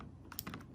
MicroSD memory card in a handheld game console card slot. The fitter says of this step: just made a pop it pops it out a little bit further and you just grab it and slide it on out